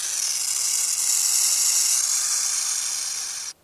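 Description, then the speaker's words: Burrowing Owl hissing, a steady rushing hiss lasting about three and a half seconds, then cutting off abruptly. Hiss sounds like a dangerous rattlesnake and serves to scare off potential predators; species nests underground in colonies and is active by day. "Yipes! The hiss of a burrowing owl sounds just like a dangerous rattlesnake, which is a great way to scare off potential predators."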